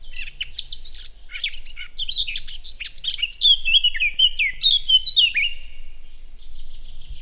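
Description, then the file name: Eurasian blackcap singing a long, continuous scratchy warble that builds into louder, clear fluty whistled notes, rising and falling rapidly throughout. "Sylvia atricapilla"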